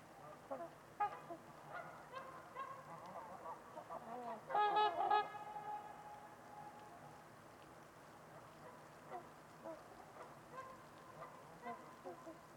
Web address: Trumpeter Swans on a Winter's Eve. Nick-Mc Mahan Winters-Lake-with-Swan. Wind Is the Original Radio